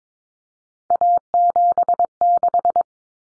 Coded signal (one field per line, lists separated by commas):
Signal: Morse code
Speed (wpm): 22 wpm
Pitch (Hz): 700 Hz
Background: none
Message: A76